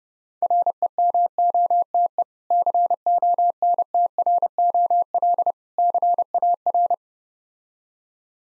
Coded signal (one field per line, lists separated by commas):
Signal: Morse code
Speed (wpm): 30 wpm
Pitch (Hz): 700 Hz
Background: none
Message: REMOTE CONTROL CAR